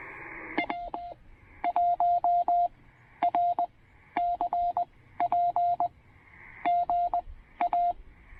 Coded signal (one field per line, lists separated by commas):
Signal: Morse code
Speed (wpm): 18 wpm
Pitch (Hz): 700 Hz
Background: none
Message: W1RCP GA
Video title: Picnic Blanket POTA: The TR-45L and two 28' wires...simple QRP fun in beautiful weather!